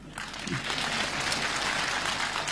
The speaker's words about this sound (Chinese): 你来，用那个最不热烈的掌声给他一个。